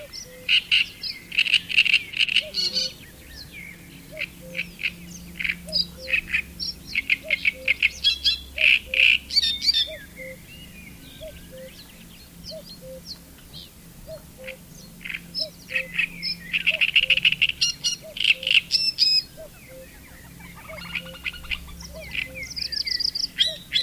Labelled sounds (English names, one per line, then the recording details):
Great Reed Warbler song
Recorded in the wild
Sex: male
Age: adult
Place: Erlangen (Neuweiher), Bayern, DE
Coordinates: 49.6056, 10.9581
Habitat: pond
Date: 1966-05-12
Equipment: Original, Vollspur, Parabolspiegel Grampian
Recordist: Tretzel, Erwin